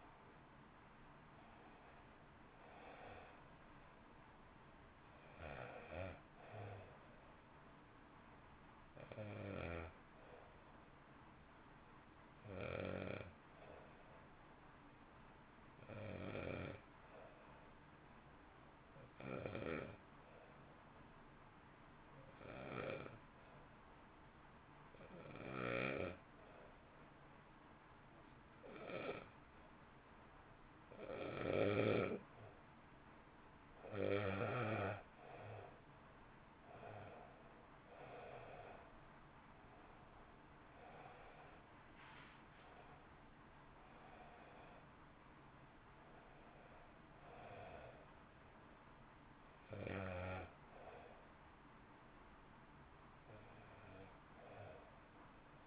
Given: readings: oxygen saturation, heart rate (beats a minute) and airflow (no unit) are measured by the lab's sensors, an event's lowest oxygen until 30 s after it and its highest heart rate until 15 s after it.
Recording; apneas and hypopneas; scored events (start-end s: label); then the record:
breathing in sleep by a voice recorder at the bedside; 1
18.00-38.90 s: hypopnea (N1, oxygen 94% highest, then 86% lowest, heart rate 52 at the start, 62 highest)
From the record:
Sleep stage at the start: N1 (lightest sleep); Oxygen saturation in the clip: 86 to 94%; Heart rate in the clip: 51 to 69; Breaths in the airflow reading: 17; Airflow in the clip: -2.0 to 1.4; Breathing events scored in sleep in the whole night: 328 in 6.3 hours asleep